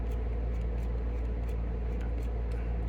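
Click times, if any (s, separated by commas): none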